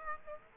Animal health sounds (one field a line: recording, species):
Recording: mosquito wingbeat signal from an infrared sensor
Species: Aedes aegypti